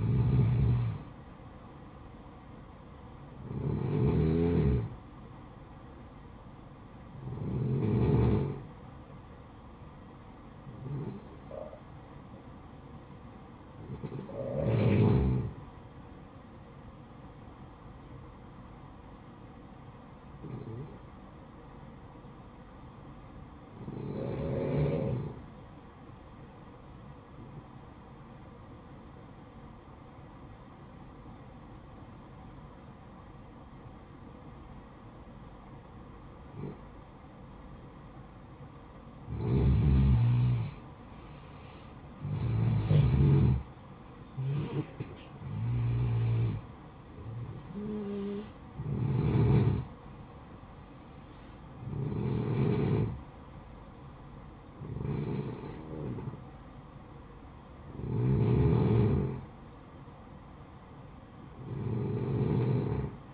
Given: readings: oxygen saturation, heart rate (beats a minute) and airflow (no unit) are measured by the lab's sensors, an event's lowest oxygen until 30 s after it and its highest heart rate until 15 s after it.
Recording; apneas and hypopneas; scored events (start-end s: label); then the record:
breathing in sleep by a smartphone at the bedside; 1
19.00-40.80 s: hypopnea (N2, oxygen 95% highest, then 88% lowest, heart rate 57 at the start, 69 highest)
54.00-63.34 s: new sleep stage, N1 (lightest sleep)
From the record:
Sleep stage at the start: N2 (light sleep); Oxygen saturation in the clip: 88 to 95%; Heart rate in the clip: 53 to 69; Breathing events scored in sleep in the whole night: 573 in 9.8 hours asleep